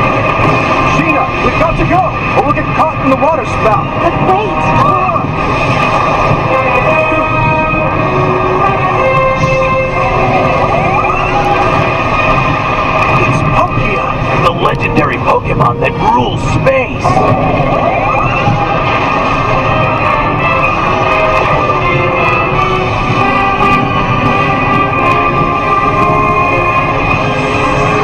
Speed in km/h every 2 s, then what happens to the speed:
113, 113, 113, 114, 114, 114, 114, 114, 114, 113, 113, 113, 113, 113.
0-28 steady at about 113.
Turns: none.